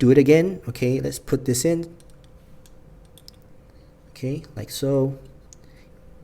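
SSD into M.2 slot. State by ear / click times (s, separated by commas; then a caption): seated / 5.5 s. Someone talks while an M.2 SSD is pushed into its M.2 slot on a second insertion, with a few faint ticks in the quiet stretch before. A short click at 5.5 s marks the drive seating in the slot, confirmed.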